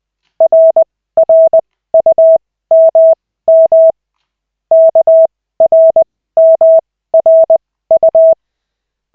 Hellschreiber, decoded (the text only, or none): none